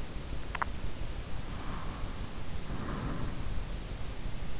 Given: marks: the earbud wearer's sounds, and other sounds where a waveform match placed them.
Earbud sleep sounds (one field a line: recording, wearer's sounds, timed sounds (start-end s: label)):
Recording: sounds in sleep by an in-ear microphone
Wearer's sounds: breath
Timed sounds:
1.22-3.53 s: breath